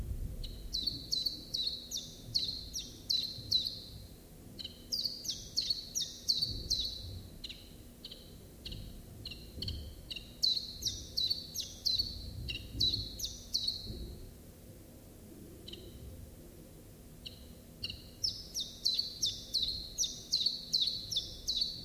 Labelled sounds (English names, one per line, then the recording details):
Common Chiffchaff song
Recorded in captivity
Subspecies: collybita
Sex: male
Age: adult
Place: Zoologisches Institut Universität Tübingen, Baden-Württemberg, DE
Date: 1966-04-14 10:45
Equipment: Nagra III PH, MD 421, kleiner englischer Parabolspiegel, LGS26
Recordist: Schneider, Hans-Joachim